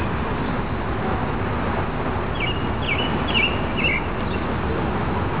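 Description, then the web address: Robin song, a few thin, high warbled phrases in quick succession over a constant, heavy low rumble of background noise. Recorded at a riverside. "richfragrantchaos robin riverside"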